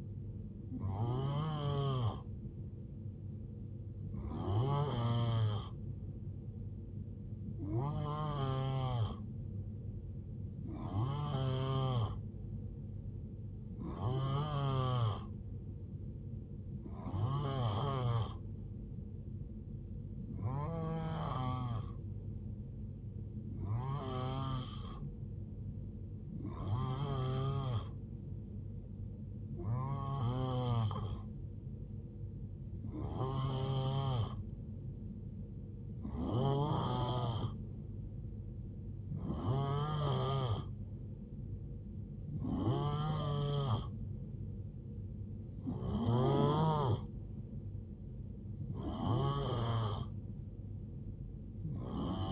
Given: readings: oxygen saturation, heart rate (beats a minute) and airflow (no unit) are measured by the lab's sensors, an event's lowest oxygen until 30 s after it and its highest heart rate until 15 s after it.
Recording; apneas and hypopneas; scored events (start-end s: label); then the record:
breathing in sleep by a smartphone at the bedside; none
41.00-52.32 s: new sleep stage, N2 (light sleep)
From the record:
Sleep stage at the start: N3 (deep sleep); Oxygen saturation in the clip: 88 to 90%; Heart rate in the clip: 66 to 78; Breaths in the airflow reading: 16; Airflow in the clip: -7.5 to 4.5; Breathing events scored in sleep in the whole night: 389 in 6.3 hours asleep